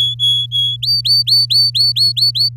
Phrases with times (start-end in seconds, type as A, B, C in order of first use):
0.00-0.76 A, 0.82-2.49 B